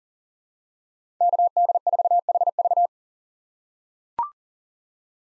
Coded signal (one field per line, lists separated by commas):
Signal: Morse code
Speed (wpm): 40 wpm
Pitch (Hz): 700 Hz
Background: none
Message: KD4HV